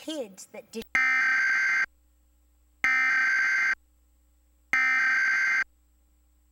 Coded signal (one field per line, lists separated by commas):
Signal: Emergency Alert System (SAME) tones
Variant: header bursts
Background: speech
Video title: Test of Emergency Alert System on Satellite TV Nov 9 2011 2-04PM